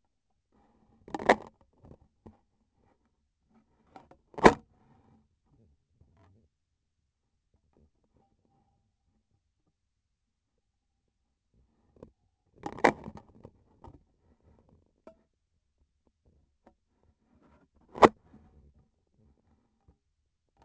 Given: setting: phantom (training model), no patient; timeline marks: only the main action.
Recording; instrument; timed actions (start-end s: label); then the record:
laparoscopic instrument, vibration sensor on the handle end; scissors
4.27-4.73 s: cutting PTFE tape
17.74-18.16 s: cutting PTFE tape
From the record:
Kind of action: gesture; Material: PTFE tape